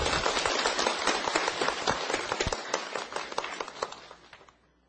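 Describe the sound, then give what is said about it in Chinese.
A crowd applauds warmly, a dense patter of many hands clapping steadily before thinning out and fading to quiet near the end, as an audience welcomes a teacher invited to lecture on the Dizi Gui (Standards for Being a Good Student). “纯热烈的掌声，欢恭请蔡老师为我们讲授弟子规。”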